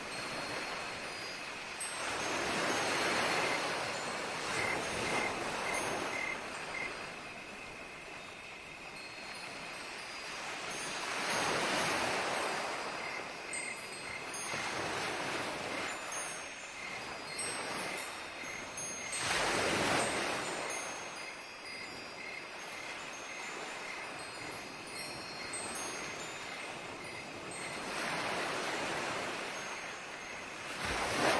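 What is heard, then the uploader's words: Waves wash in and recede in soft surges every few seconds while light wind chimes ring steadily in the background on a quiet night. Quiet night atmosphere with wind chimes, waves, birdsong and the sounds of nature.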